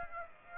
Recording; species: mosquito wingbeat signal from an infrared sensor; Aedes aegypti